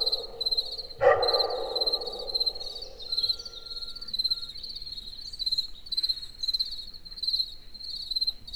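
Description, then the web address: Crickets keep up a continuous high, rapidly pulsed chirping, with one loud sound near the start. Crickets in a forest in the evening near Egerturistaház. "tucsok. erdoben estavolbanugatokutyak egerturistahaz"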